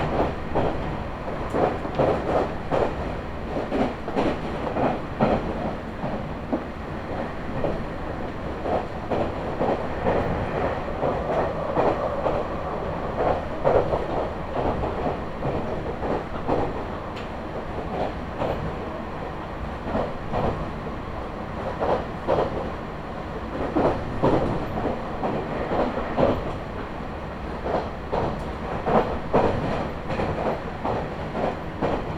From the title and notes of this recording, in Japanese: 名古屋鉄道 西尾線 吉良吉田→新安城→知立。同じルートを戻って新安城を通り知立まで行きます。行きは普通でしたが帰りは急行ということで、西尾線内で4駅、本線で1駅飛ばしていきますが、神宮前まで急行でそこから普通列車に変わっています。